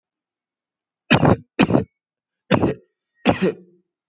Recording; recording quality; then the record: shallow voluntary cough; excellent, no background noise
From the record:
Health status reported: healthy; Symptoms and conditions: none ticked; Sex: male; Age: 20 years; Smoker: not ticked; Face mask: not worn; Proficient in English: yes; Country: India